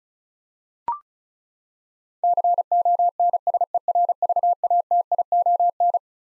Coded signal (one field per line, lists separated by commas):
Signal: Morse code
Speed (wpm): 36 wpm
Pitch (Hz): 700 Hz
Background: none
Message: CONSERVATION